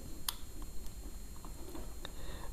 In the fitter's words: Now it's locked into place.